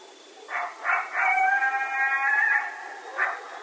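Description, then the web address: Coyote yipping and howling: three short sharp yelps lead into a wavering, harmonic-rich howl lasting over a second, then one more yelp. Several coyotes recorded at night on 16 October 2010. "Coyote 2010 10 16 Coyotes 02. night-sounds-pt-5-coyotes"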